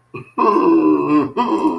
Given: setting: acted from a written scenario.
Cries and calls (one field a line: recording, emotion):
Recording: vocal sound without words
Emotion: triumph